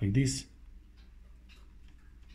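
Someone talks briefly as a small EF-M lens, aligned dot to dot with the metal bayonet mount of a Canon M50 mirrorless camera body, is turned to the right. Only faint, quiet handling ticks follow. The lens has not seated or clicked into the mount yet.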